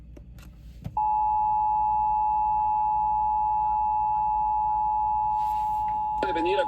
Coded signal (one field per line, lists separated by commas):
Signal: Emergency Alert System (SAME) tones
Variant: 853 and 960 Hz attention tone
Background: speech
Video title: (EAS #2,157 - #2,190) POTTAWATTAMIE GETS A WHOOPING - EAS Alerts from 4/23/25 - 4/24/25